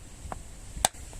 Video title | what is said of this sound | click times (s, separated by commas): How to set up and install a Blink Outdoor Camera System | put the circle of the screwdriver into the back of the Blink, and you heard the click there, | 0.8 s